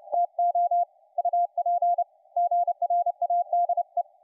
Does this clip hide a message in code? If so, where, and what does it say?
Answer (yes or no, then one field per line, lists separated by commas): yes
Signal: Morse code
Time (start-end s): 0.1-4.0 s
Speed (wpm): 28 wpm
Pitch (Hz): 700 Hz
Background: none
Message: TO UPGRADE